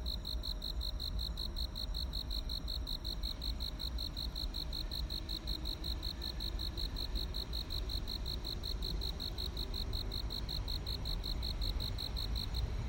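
Cricket chirping in a steady run of quick, even, high pulses until near the end, over a constant low rumble.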